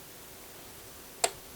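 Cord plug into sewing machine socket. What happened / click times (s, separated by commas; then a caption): The plug clicked into its socket / 1.2 s. A cord plug is pushed fully into the socket of a Singer 4452 sewing machine on a second try. After a quiet stretch of faint hiss, a single sharp click sounds at 1.2 seconds and the plug seats firmly.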